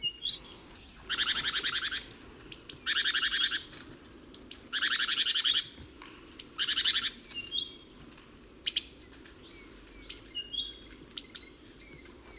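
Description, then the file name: Great tit calls: harsh, buzzy churring bursts about a second long, repeated with short gaps, followed by thin, high, sliding chirps. "Parus major"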